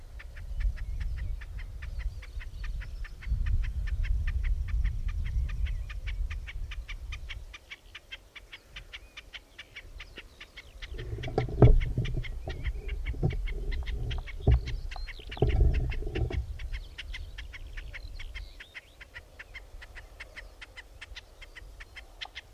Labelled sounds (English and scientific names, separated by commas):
Common Snipe (Gallinago gallinago) song